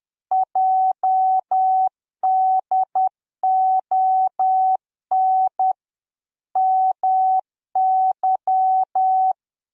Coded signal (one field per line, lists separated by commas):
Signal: Morse code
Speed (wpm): 10 wpm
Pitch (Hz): 760 Hz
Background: none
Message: JDON MY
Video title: KAELA told her chat to learn morse code for her anniversary, of course they will learn it right?